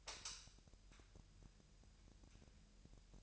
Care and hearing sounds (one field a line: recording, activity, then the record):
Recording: daily activity, microphone in the room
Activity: light on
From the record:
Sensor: 2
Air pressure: 1001.8 hPa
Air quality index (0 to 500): 241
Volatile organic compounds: 31 ppm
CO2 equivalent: 2990 ppm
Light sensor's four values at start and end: 4/10/4/4 and 9/25/10/10